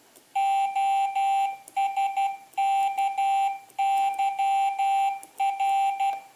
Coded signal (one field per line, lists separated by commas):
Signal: Morse code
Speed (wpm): 12 wpm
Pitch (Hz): 790 Hz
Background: none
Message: OSKYR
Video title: OsKyr - Old-School Keyer, part 1 of 2